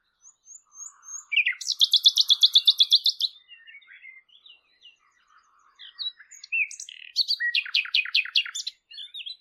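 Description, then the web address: Bird song with a fast, buzzy trill lasting two seconds, then soft scattered chirps, then another rapid run of sharp repeated notes; high thin whistles at the start. "Bird Only"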